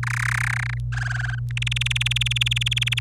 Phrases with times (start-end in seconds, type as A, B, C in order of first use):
0.03-0.78 A, 0.92-1.39 B, 1.51-2.99 C